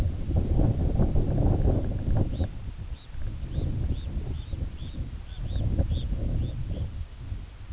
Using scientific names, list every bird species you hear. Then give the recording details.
Phalaropus fulicarius. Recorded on Arctic tundra, site IGLO-A, on 17 June 2018. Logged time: 19:59